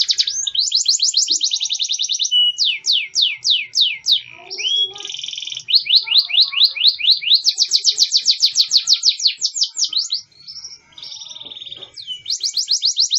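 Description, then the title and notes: Songbird song alternating fast chattering trills with sharp descending whistled notes, loud. Complete masteran songbird song compilation intended for training songbirds. "Master Burung Kicau. Masteran Burung Kicau Lengkap"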